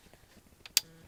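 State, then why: Seated. A gloved hand pushes a part into its housing while fixing an LCD screen. A faint tap at 0.65 s comes just before a sharp click at 0.8 s as the part seats into place.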